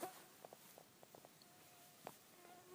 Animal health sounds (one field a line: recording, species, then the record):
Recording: mosquito flight sound by mobile phone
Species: Aedes sierrensis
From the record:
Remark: several mosquitoes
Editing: cut to the mosquito's sound